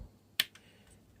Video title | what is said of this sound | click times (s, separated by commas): Bossgunny Reviews Classics Megatron. | the head up lock it back into place and lastly | 0.4 s